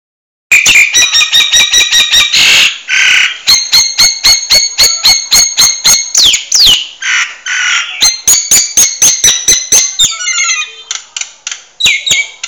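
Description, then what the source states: Nias hill myna chattering loudly, harsh squawks mixed with rapid clicking bursts and ringing, harmonic whistled notes, nearly nonstop throughout with a few brief pauses. Noisy bird chattering continuously.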